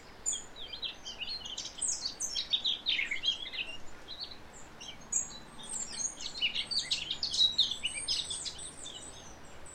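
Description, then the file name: Eurasian blackcap song: rapid, varied warbling of jumbled high notes with clearer whistled accents. "Sylvia atricapilla"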